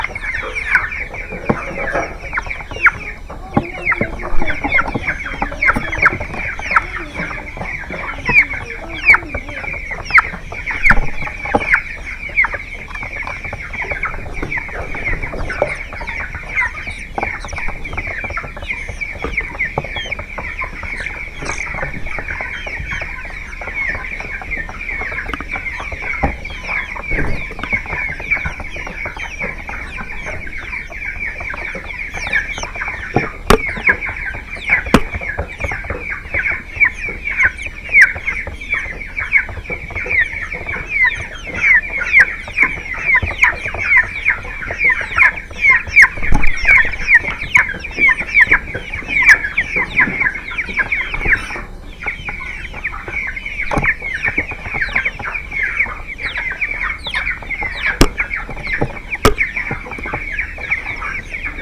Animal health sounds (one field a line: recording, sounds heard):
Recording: poultry house recording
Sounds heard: background noise or bird activity such as feeding and pecking